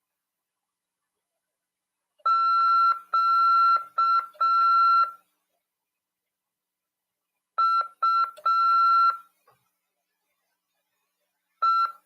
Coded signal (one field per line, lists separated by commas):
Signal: Morse code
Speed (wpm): 6 wpm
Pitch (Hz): 1350 Hz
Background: none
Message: QUE